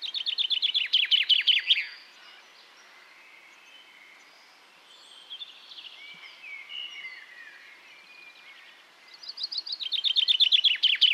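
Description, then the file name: Common chaffinch song: a fast rattling trill with a closing flourish at the start, quieter bird sounds in the middle, then another trill beginning at the end. "Fringilla coelebs"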